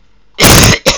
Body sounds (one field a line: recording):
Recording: coughing